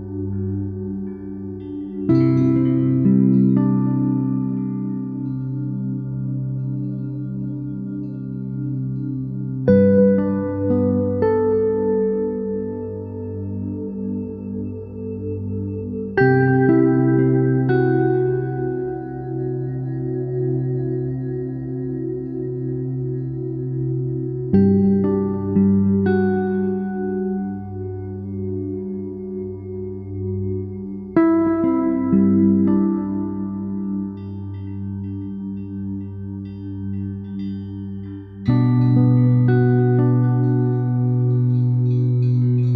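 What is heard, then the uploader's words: Soft musical chimes ring out in slow, widely spaced strikes, roughly every six to eight seconds, each tone sustaining and overlapping the last. The sound sits warm and fairly low, with a gentle shimmer above, and stays close and calm throughout. A Lullaby of Wind Chimes. Soft musical wind chimes.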